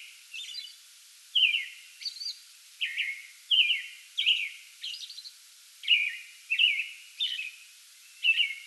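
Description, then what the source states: American robin song: short caroling whistled phrases delivered in a steady run with brief pauses between phrase groups. Pre-dawn song bout recorded on 8 May 2022.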